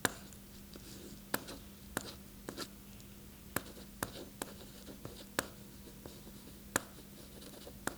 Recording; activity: daily activity, guitar pickup as the sensor; write